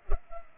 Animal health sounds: mosquito wingbeat signal from an infrared sensor; Culex pipiens

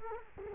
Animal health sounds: mosquito wingbeat signal from an infrared sensor; Culex quinquefasciatus

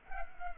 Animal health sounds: mosquito wingbeat signal from an infrared sensor; Culex pipiens

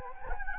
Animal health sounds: mosquito wingbeat signal from an infrared sensor; Anopheles gambiae

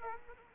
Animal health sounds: mosquito wingbeat signal from an infrared sensor; Aedes aegypti

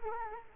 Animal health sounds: mosquito wingbeat signal from an infrared sensor; Culex quinquefasciatus

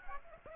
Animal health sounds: mosquito wingbeat signal from an infrared sensor; Aedes aegypti

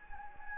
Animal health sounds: mosquito wingbeat signal from an infrared sensor; Anopheles gambiae

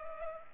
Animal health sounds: mosquito wingbeat signal from an infrared sensor; Culex pipiens

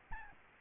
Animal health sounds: mosquito wingbeat signal from an infrared sensor; Aedes albopictus

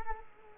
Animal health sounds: mosquito wingbeat signal from an infrared sensor; Culex quinquefasciatus

